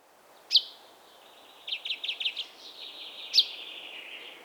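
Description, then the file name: Common chaffinch phrases: two sharp, high notes about three seconds apart, with a short, quick run of repeated notes between them, over a soft hiss. "Fringilla coelebs"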